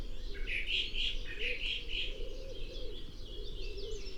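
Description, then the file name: Eurasian blackcap: a quick run of bright, clipped notes in the first two seconds, then fainter sounds, over a steady low rumble. "Sylvia atricapilla"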